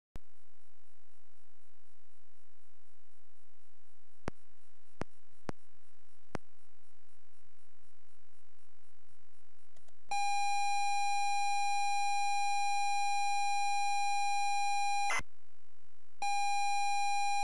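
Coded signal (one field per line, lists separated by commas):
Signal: ZX Spectrum tape loading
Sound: a few clicks, then a steady buzzy pilot tone, a short break, and the tone again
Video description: ZX Spectrum load up and quick game play of Where Time Stood Still 128k loaded up using a zx spectrum +3 with a wh smith cpd8300 cassette player.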